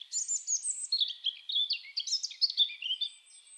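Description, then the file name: European robin song, a fast tumbling stream of high, sweet whistled notes and twittering trills, rising and falling in pitch throughout with hardly a pause. "Erithacus rubecula"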